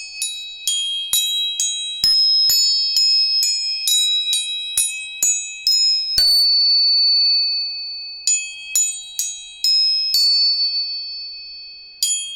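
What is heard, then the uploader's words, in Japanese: A tuning fork is struck repeatedly in a quick, fairly regular rhythm, each bright ping ringing on with a steady high tone between strikes. 音叉チューニング。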